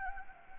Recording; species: mosquito wingbeat signal from an infrared sensor; Anopheles gambiae